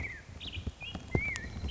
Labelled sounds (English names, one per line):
Black-headed Grosbeak